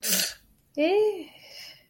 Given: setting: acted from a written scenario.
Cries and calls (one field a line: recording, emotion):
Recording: vocal sound without words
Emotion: guilt